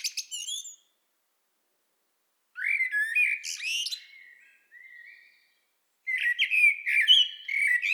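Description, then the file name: Common blackbird singing a short high twitter, then a low, mellow fluted phrase with a soft whistle, and another warbling phrase after a pause. "Turdus merula"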